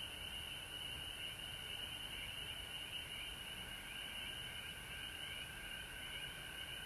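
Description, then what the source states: Continuous frog chorus, bright high trilling layered over a lower sustained tone, calls overlapping throughout with faint low-frequency noise. Frogs recorded at home in Georgia on March 19, 2020.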